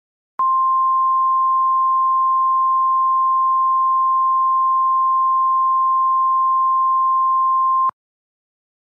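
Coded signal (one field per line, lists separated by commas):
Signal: Emergency Alert System (SAME) tones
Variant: 1050 Hz attention tone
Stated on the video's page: Fictional scenario alert.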